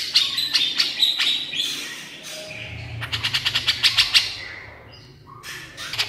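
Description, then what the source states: Horsfield's bush lark song: thin high whistled notes at first, then a fast burst of dry, buzzy clicking pulses, ending with a few scattered sharp chirps. Masteran (tutor) recording of branjangan song for training songbirds, described as super gacor (singing constantly).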